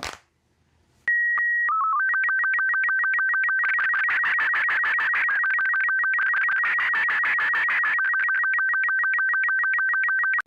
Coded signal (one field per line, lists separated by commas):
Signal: SSTV (slow-scan television)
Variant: Robot 36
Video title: ham radio HACK live!